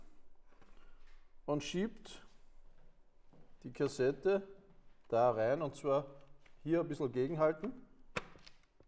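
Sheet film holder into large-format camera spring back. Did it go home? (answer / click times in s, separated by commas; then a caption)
yes / 8.2 s. A sheet film holder is pushed into the spring back of a 4x5 inch large-format view camera after the lever on the back is lifted, going in up to the stop while someone talks. A sharp click at 8.2 s marks the holder latching into place, seated.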